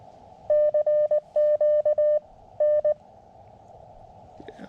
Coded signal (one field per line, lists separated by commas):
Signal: Morse code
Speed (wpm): 19 wpm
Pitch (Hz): 600 Hz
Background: none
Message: CQ N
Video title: CW SOTA at W2/GC-026 Utsayantha Mountain